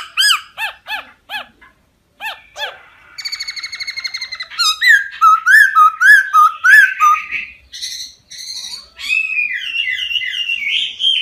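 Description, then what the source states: Laughingthrush song opening with repeated chopped whistles, then a rapid rattling trill and a flowing warbled sequence of rising and falling whistled notes. Song in the 'wild voice' (giọng rừng) style.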